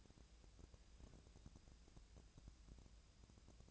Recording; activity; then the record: daily activity, microphone in the room; take from stove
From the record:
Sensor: 2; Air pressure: 999.8 hPa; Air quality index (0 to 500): 124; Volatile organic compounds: 2 ppm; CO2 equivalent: 1067 ppm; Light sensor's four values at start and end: 34/84/36/41 and 34/83/36/40